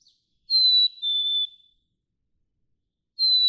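Black-capped chickadee gives one clear whistled song of two notes dropping slightly in pitch, then begins another.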